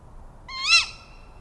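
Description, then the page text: Tawny owl call: a single sharp, shrill 'kewick'-like note, rising then dropping quickly, over faint background hiss. "Resources for the Tawny Owl Point Survey. BTO - British Trust for Ornithology"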